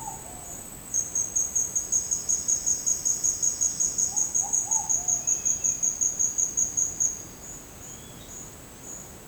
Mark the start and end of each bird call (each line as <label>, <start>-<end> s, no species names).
bird call, 4.10-5.74 s
bird call, 7.83-8.34 s